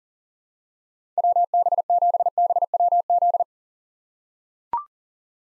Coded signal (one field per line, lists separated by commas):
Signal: Morse code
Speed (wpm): 37 wpm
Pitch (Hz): 700 Hz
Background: none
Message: WB7BWZ